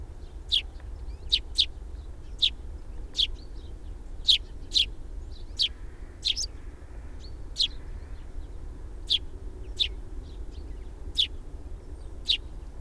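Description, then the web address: Sparrow chirping, a steady series of sharp high notes, some doubled, repeating about once a second over low background noise. "fugl s-spurv"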